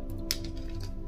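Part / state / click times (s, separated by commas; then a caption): internal part pressed into a crossbow scope rail assembly / seated / 0.3 s. An internal part is pressed with a tool into a Stryker Strykezone crossbow scope rail assembly until it clicks into place. A single sharp, bright click is heard at 0.3 s, followed by a few faint softer ticks, over steady background music. The part is seated.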